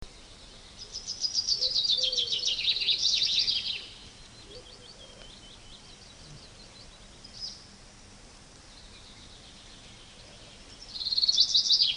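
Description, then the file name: Common chaffinch singing a cascading, rattly phrase that drops in pitch to a final flourish, a softer phrase following, then another song beginning near the end. "Fringilla coelebs"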